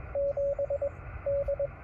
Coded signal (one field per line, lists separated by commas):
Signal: Morse code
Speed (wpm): 20 wpm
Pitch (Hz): 550 Hz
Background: radio noise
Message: 7 D